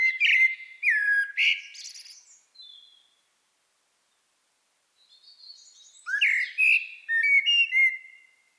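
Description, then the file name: Common blackbird song: a rich fluting phrase trailing into thin high squeaks, a pause, then a second phrase mixing high twittering with fluted, sliding whistles. "Turdus merula"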